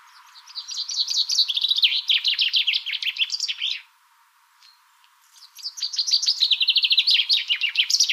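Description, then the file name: Common chaffinch song: two fast, bright trilled phrases of sharp notes separated by a short pause, the first ending in a flourish. "Fringilla coelebs"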